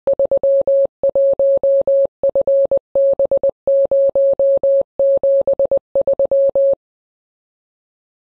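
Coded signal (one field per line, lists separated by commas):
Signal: Morse code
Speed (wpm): 20 wpm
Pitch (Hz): 550 Hz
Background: none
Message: 31FB073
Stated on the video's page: Amateur radio DX contact between Portugal and England.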